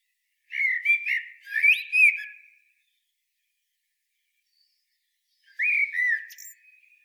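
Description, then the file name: Eurasian blackbird song: one rich warbled phrase of mellow whistles, a silent gap of about three seconds, then a shorter fluted phrase. "Turdus merula"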